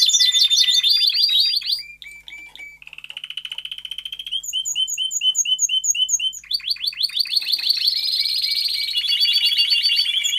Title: Esquente Seu Filhote E Canario Belga Em 30 Minutos Macho Cantando Muito